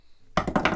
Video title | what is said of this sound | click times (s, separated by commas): Scotty Kayak Transducer Mount 141 Assemble and Install | and this actually just snaps into place | 0.4 s